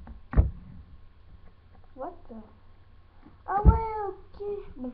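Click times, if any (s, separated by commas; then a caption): 0.3 s. A lure mould is closed and its two mould halves clip together with a sharp click at 0.3 s, seating shut. Someone talks afterward.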